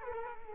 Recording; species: mosquito wingbeat signal from an infrared sensor; Culex quinquefasciatus